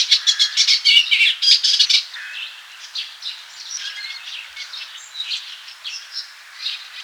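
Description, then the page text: Eastern olivaceous warbler song opening with loud, rapid scratchy bursts for two seconds, then continuing as a softer, rambling chatter. "Eastern Olivaceous Warbler Song. Quick Sounds"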